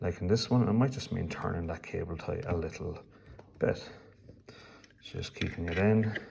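Someone talks while handling a pump head cover on the peristaltic pump of a Select 640 Autodoser during a pump tube change, with the cable tie being adjusted so the cover fits snugly. A few soft handling knocks are heard around 4.3 to 4.8 seconds. The cover has not yet been pressed in over the pump tube, and nothing has seated or clicked yet.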